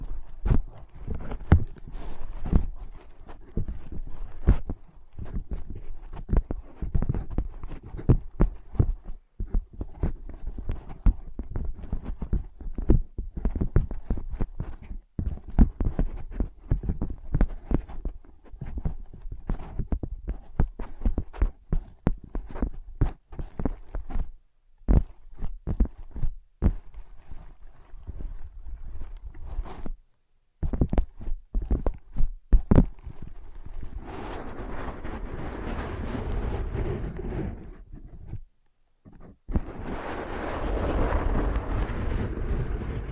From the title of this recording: Using Ear Pads as Your Ears Tapping, Scratching, Tracing